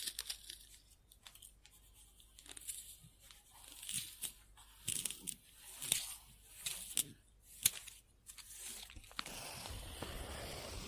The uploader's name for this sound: Scribbling On Paper